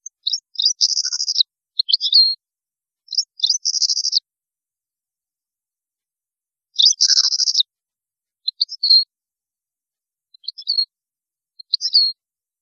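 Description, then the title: European goldfinch singing repeated bursts of rapid, tinkling trills and buzzy notes, several phrases with short gaps, plus faint lower chirps. "Chant Chardonneret"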